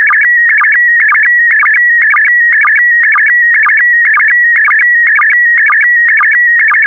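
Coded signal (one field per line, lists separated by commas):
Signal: SSTV (slow-scan television)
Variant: PD120 mode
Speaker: complete. You can now check your decoded image against the picture that is shown on the video.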